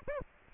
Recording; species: mosquito wingbeat signal from an infrared sensor; Aedes aegypti